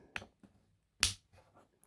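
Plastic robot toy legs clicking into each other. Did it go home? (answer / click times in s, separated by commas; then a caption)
yes / 0.2 s, 1.0 s. The plastic legs of a transforming robot toy are pushed together and click into each other with sharp snaps at 0.2 s and 1.0 s; the second is the louder, ringing snap. The legs seat with a nice satisfying snap, and a faint tick follows near the end.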